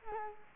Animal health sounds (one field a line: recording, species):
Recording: mosquito wingbeat signal from an infrared sensor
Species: Culex quinquefasciatus